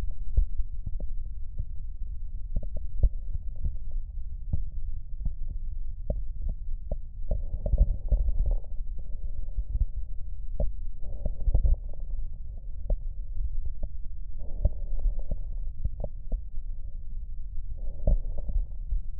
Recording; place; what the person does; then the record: lung sounds by stethoscope; right posterior basal chest; quiet breathing, then deep breathing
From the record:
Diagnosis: interstitial lung disease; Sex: male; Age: 65 years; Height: 161 cm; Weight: 74.6 kg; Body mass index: 28.8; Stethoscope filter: extended mode